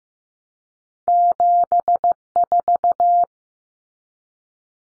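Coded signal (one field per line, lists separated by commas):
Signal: Morse code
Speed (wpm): 15 wpm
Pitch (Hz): 700 Hz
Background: none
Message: 74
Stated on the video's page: Practice drill at 15wpm of two-digit cut numbers, each sent in Morse, spoken, then sent again for head-copy.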